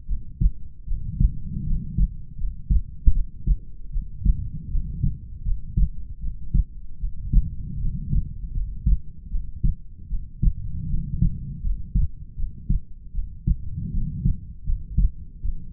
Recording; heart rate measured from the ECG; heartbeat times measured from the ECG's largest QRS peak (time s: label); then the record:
heart sounds by stethoscope; 78 bpm
0.06 s: heartbeat
0.85 s: heartbeat
1.64 s: heartbeat
2.36 s: heartbeat
3.12 s: heartbeat
3.91 s: heartbeat
4.69 s: heartbeat
5.43 s: heartbeat
6.19 s: heartbeat
6.98 s: heartbeat
7.78 s: heartbeat
8.52 s: heartbeat
9.29 s: heartbeat
10.08 s: heartbeat
10.87 s: heartbeat
11.62 s: heartbeat
12.35 s: heartbeat
13.12 s: heartbeat
13.91 s: heartbeat
14.64 s: heartbeat
15.41 s: heartbeat
From the record:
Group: healthy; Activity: rest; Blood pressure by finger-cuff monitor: 87/63 mmHg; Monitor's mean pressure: 72 mmHg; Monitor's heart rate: 78 bpm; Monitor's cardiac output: 5.6 L/min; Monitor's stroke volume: 71 mL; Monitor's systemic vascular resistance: 920 dyn s/cm5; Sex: female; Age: 22 years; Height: 160 cm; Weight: 45 kg